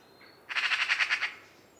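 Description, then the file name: Eurasian magpie chattering: one dry, rattling burst of several quick harsh notes, lasting under a second. "Pica pica"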